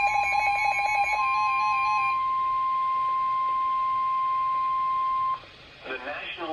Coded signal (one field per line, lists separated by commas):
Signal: Emergency Alert System (SAME) tones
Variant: 1050 Hz attention tone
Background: speech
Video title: Severe Thunderstorm Warning on WXK52 (EAS Alert #62) - 6/20/19